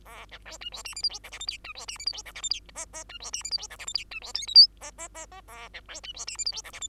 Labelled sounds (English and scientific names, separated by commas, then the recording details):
Bengalese Finch (Lonchura striata domestica) song
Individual Bird2